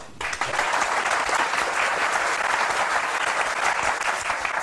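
A crowd applauds steadily, many hands clapping in a dense, even wash of sound that holds at a constant loud level from start to finish, with no voices rising above it.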